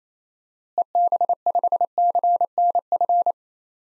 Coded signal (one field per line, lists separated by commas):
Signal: Morse code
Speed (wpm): 28 wpm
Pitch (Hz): 700 Hz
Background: none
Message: EB5CNF